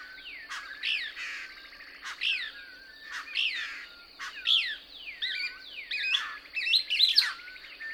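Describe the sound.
Couch's Kingbird song of loud, buzzy, sweeping twitters: several high phrases with slurred descending notes.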